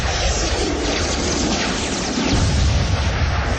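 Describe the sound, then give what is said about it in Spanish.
War planes, struck by a deadly ray, crashing and exploding in flames a few blocks from a house: a loud, continuous roar of rumbling explosions, heavy in the low end, surging slightly near the end with no voices. “Caen. Envueltos en llamas a pocas cuadras de la casa.”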